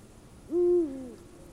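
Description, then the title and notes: Eurasian eagle-owl with one low, resonant hoot, steady at first and then sliding down at the end. "Huuhkaja. Juha Laaksonen"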